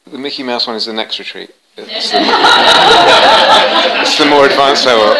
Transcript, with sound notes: The Mickey Mouse one is the next retreat. [laughter] That's the more advanced level.